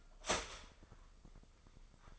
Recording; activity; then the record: daily activity, microphone in the room; start toaster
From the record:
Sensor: 5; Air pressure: 995.4 hPa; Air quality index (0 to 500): 107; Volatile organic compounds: 8 ppm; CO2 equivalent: 2062 ppm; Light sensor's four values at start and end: 33/79/32/32 and 33/80/32/33